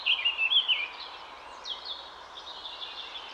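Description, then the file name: Great tit calls, a quick run of wavering high chattering notes in the first second, then a sharp downslurred note, over a steady hiss and faint other birds. "Parus major"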